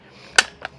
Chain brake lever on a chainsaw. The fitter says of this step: you pull that and it unlocks it and it's also a guard so things won't hit your hand